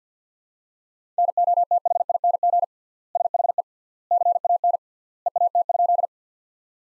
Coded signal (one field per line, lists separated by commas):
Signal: Morse code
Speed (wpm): 50 wpm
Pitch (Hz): 700 Hz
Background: none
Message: NOTHING SHE CAN EAT?